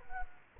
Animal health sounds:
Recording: mosquito wingbeat signal from an infrared sensor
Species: Culex quinquefasciatus

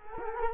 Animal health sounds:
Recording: mosquito wingbeat signal from an infrared sensor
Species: Culex quinquefasciatus

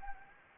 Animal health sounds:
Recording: mosquito wingbeat signal from an infrared sensor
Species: Anopheles gambiae

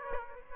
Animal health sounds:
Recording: mosquito wingbeat signal from an infrared sensor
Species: Aedes aegypti

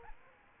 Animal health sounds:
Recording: mosquito wingbeat signal from an infrared sensor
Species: Aedes aegypti

